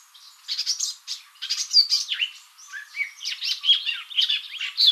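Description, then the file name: Eurasian blackcap singing a rapid, jumbled warble of chirps, twitters and short slurred whistles, running nearly continuously with a few short breaks. "Sylvia atricapilla"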